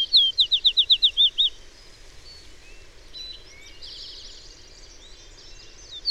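Bird song: a brief rapid series of high notes at the start, then soft background twittering and faint noise.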